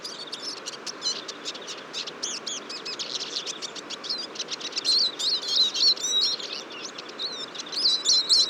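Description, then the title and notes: Eurasian siskin flock in busy continuous twittering, rapid repeated high chirps with a few clearer wavering whistled notes in the second half. Large flock at a feeder on a February morning, 23 February 2014, Fourcinet, Drôme, France; recorded with a Nagra Seven and Telinga P7. "Fourcinet - Drôme. Tarin des aulnes (Carduelis spinus)"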